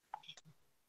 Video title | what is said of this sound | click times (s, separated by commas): Figure Action - Episode 33 - Hauls and Paws | you get like a a hard lock | 0.1 s